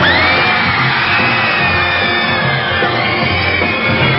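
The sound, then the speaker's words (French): A concert crowd at the Olympia in Paris roars continuously, a dense wall of shouting and cheering with whoops, while a piercing whistle rises and holds above the din for several seconds. “Je veux vous entendre crier.”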